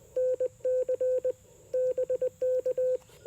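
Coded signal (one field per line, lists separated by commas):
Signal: Morse code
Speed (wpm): 20 wpm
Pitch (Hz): 510 Hz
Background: none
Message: NC BK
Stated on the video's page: CW during a POTA park activation on a homebrew 20 m QRP transceiver with mini CW key and EFHW antenna.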